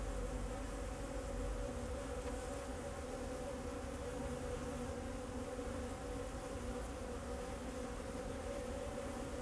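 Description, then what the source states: Bees humming in a constant, dense drone, backed by a low continuous rumble. Bees flying around the recordist in Jacques Brelpark, Kersbeeklaan, Vorst, Belgium; train in background; recorded binaurally with a Sennheiser Ambeo binaural headset.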